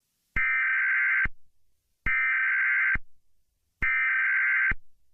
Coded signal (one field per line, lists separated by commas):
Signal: Emergency Alert System (SAME) tones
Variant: header bursts